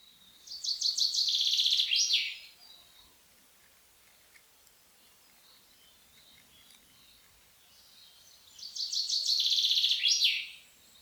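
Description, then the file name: Common chaffinch singing twice, about eight seconds apart. Each phrase is a quick, bright trill that tumbles downward and closes with an emphatic flourish. "pinsondesarbres"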